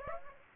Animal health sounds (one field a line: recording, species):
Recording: mosquito wingbeat signal from an infrared sensor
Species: Aedes aegypti